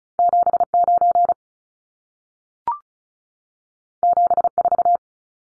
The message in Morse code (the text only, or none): 79 74